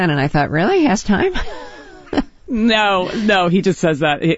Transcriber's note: laughter